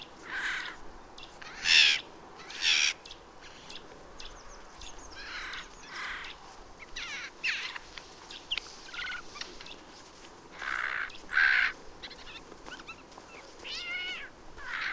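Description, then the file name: Eurasian jay giving scattered harsh, grating screeches among a busy mix of other birds' whistles, trills and chirps. "Garrulus glandarius"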